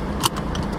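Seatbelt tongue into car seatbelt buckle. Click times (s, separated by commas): 0.3 s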